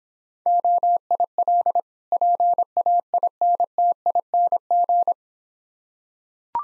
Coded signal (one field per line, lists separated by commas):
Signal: Morse code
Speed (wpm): 26 wpm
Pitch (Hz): 700 Hz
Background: none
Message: OIL PAINTING